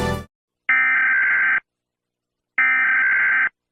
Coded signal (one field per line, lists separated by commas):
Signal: Emergency Alert System (SAME) tones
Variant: header bursts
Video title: EAS alert: the sun has fallen